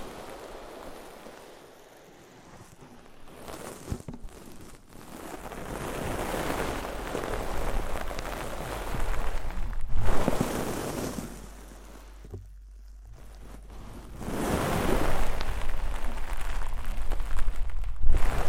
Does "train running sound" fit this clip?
no